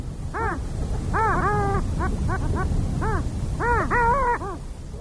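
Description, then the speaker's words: Long-tailed duck calls: nasal, yodelling arched notes in quick bursts, some single and some run together in rising-falling phrases, over a low steady rumble. "when you hear this sound, that's the long-tailed duck, our bird of the month."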